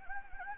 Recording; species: mosquito wingbeat signal from an infrared sensor; Anopheles gambiae